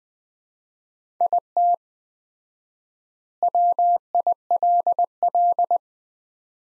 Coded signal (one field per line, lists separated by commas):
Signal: Morse code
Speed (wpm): 20 wpm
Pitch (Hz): 700 Hz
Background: none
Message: IT WILL